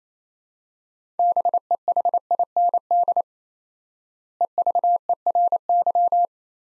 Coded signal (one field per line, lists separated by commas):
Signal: Morse code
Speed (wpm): 28 wpm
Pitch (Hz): 700 Hz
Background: none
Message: BEHIND EVERY